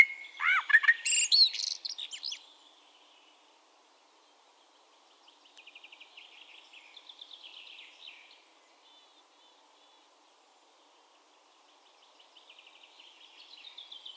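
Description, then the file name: Eurasian blackbird song: one loud warbled phrase with squeaky high notes at the start, followed by long quiet gaps with soft, faint twittering. "Turdus merula"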